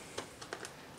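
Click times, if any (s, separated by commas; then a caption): 0.2 s, 0.4 s, 0.5 s, 0.7 s. A plastic cable tie, threaded under the metal crossbar of a 2017+ Suzuki SV650 during a Vagabond Motorsports VM-SV610 fender eliminator install, is pulled tight around three wiring looms. It ratchets with sharp clicks at 0.2, 0.4, 0.5 and 0.7 seconds, and the tie is secured.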